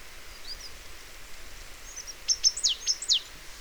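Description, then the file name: Great tit calls: a quick run of five sharp, high notes, mostly sliding steeply downward, clustered near the end, with faint thin chirps before them. "Parus major"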